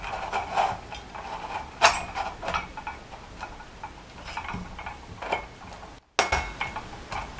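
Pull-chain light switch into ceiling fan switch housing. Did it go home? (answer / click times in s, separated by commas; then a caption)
yes / 6.2 s. A new pull-chain light switch assembly is pushed into a ceiling fan's switch housing after the wires and wire nuts are tucked in. Light rustling and handling noises lead up to a brief silence, then a sharp click at 6.2 s as it snaps into place, seated.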